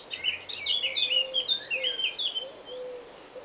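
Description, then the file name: Eurasian blackcap song: a fast, jumbled warble that trails off, accompanied by soft, low, drawn-out whistles in the background. "Sylvia atricapilla"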